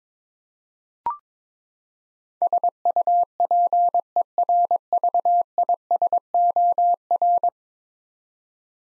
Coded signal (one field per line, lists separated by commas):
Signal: Morse code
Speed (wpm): 22 wpm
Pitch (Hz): 700 Hz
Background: none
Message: SUPERVISOR